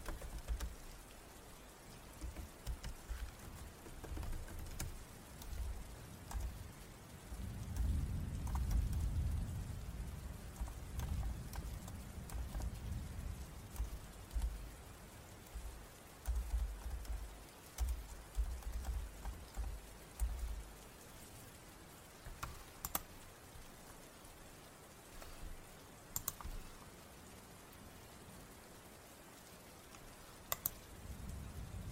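Rain falls as a steady, dense hiss of fine patter throughout. A low rumble swells from about 7 to 12 seconds, like distant thunder, with softer low thumps continuing until around 20 seconds. Sharp isolated clicks stand out near 23, 26 and 31 seconds.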